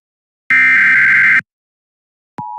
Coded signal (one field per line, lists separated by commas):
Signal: Emergency Alert System (SAME) tones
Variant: header bursts